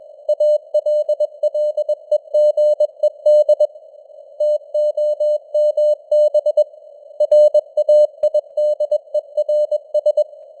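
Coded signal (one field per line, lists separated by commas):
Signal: Morse code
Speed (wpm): 21 wpm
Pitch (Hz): 600 Hz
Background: none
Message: ALLEGED TOMB RAIDERS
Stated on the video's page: Computer-generated Morse news headlines at 21 wpm with simulated radio noise and varying signal strength (QSB).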